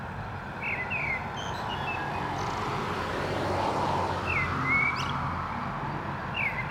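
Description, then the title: Common blackbird singing brief warbled phrases ending in thin high squeaks, in a few bursts, against constant traffic rumble. Recorded at Digue du Canal, Anderlecht, Brussels-Capital, Belgium, beside car traffic; Lom mikroUsi Pro AB microphone into Zoom F3 recorder. "Digue du Canal, Anderlecht, Bruxelles-Capitale, Belgique - Blackbird and cars"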